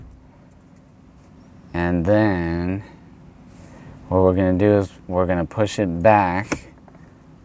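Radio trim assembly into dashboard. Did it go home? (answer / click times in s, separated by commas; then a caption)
no / none. Someone talks while handling the plastic radio/trim assembly of a 2003-2007 Honda Accord, which is about to be pushed back into the dashboard so its clips snap in. Only the speech and a quiet background are heard, and nothing has seated or clicked yet.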